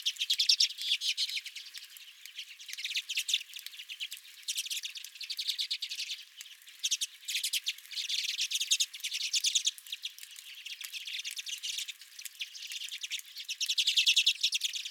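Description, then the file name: Redpolls calling as a flock, dense rapid chattering and buzzy twitters overlapping throughout, swelling in bursts around the start, middle and end. Several redpolls at the recordist's feeder. "Redpolls at My Feeder"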